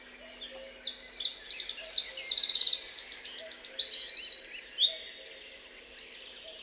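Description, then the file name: Eurasian wren singing an energetic burst of high, fast trills and metallic rattles lasting several seconds, then falling silent. "Troglodytes troglodytes"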